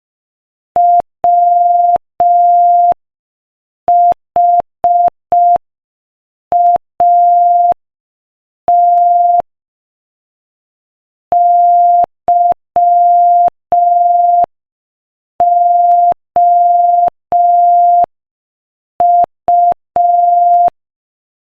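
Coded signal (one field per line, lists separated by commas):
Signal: Morse code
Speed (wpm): 5 wpm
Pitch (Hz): 700 Hz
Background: none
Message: WHAT YOU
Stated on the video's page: Morse code practice at 5 wpm.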